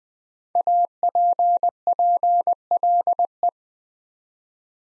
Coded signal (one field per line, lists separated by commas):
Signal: Morse code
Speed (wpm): 20 wpm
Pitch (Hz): 700 Hz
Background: none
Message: APPLE